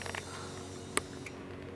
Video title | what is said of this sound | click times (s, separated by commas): Cara Pasang Lampu Hazard di Motor - Gridoto Tips | dia udah ngunci terus kabel ini disambung lagi juga jangan sampai lupa oke | 1.0 s